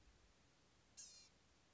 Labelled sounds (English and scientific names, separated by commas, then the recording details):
Blue-gray Gnatcatcher (Polioptila caerulea)
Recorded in Sonoma County, California